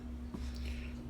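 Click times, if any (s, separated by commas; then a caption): none. A Kawasaki KE100 motorcycle clutch assembly is handled on its shaft in the engine case while being worked toward its pin, over a steady low hum with a few brief handling knocks and rustles. Nothing has seated or clicked yet; the clip ends just before the clutch snaps onto the pin.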